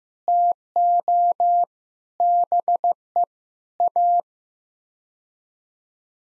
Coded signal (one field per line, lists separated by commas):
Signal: Morse code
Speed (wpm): 15 wpm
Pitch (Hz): 700 Hz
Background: none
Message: TO BE A